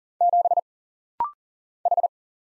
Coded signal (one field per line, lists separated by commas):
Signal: Morse code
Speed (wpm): 40 wpm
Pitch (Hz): 700 Hz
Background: none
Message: 7 H